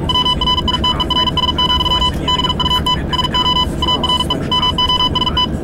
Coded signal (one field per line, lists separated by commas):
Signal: Morse code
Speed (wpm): 44 wpm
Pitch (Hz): 3000 Hz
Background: none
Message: WRITERS, BUT SO ARE MOST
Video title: Example of shorthand symbols for high speed telegraphy reception